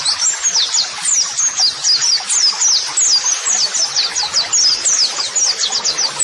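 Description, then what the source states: White-eye song: lively series of high, sharply downslurred chirps, tumbling rapidly one after another. White-eye singing vigorously ('gacor'), used as a model song (masteran) for training.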